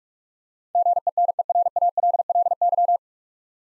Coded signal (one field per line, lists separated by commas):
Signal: Morse code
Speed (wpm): 46 wpm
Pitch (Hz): 700 Hz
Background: none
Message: GENERALLY